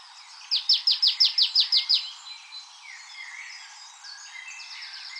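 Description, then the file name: Marsh tit giving one rapid run of about nine sharp, high, down-slurred notes, followed by fainter chirps. "Poecile palustris"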